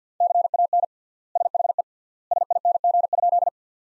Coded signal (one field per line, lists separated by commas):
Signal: Morse code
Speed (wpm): 50 wpm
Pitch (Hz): 700 Hz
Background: none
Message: CAN SHE SING?